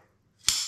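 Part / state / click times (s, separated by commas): folding stock hook into its detent on a shotgun / seated / 0.5 s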